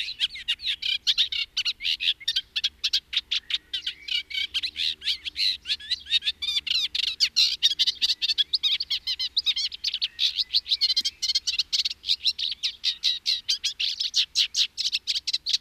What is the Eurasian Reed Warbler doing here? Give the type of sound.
song